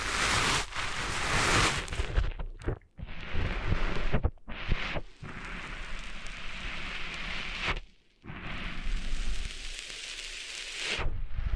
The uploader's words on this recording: ASMR Cleaning Sand Out of Your Ears (No Talking).